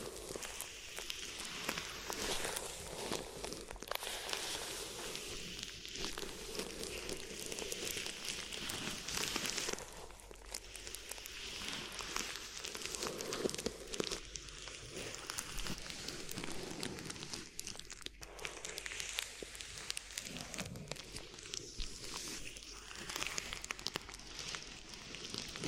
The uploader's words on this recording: ASMR Addictive Crinkly Ear Massage (No Talking).